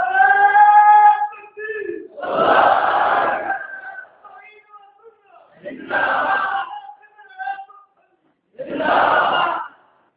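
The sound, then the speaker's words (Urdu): At an Ahl al-Sunnat religious debate, a single voice calls out a drawn-out religious slogan, and a loud crowd roars back in unison, the call-and-response chant repeating three times in short, forceful bursts. “بتائیں آپ تشریف لے آئیں, نعرے نہ لگو, نعرہ”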